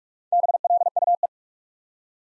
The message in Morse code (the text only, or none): BLUE